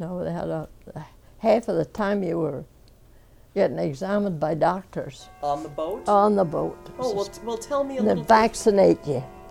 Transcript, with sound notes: They had a, half of the time you were getting examined by doctors.
On the boat?
On the boat. (a chiming clock can be heard in the background)
Well, tell me a little bit...
They'd vaccinate you.